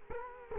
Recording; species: mosquito wingbeat signal from an infrared sensor; Culex quinquefasciatus